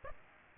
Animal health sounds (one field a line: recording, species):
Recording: mosquito wingbeat signal from an infrared sensor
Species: Aedes aegypti